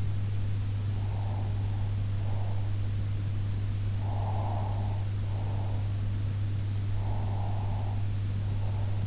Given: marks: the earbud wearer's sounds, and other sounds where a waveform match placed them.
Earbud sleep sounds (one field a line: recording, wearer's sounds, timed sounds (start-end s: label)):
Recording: sounds in sleep by an in-ear microphone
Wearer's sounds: breath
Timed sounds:
0.92-2.84 s: breath
3.93-6.04 s: breath
6.90-9.07 s: breath